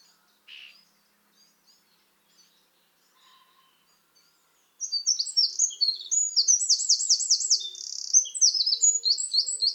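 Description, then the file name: Eurasian wren song bursting in after a brief scratchy sound and a pause, a fast, shrill cascade of trills and sharp high notes. "Troglodytes troglodytes"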